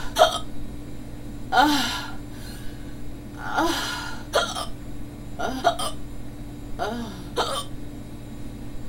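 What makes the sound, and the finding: Adult. Hiccups.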